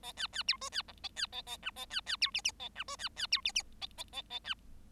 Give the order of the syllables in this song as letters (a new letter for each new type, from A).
A B B C D B E A B A A F A B B C G G A F D B B C G G A A A A B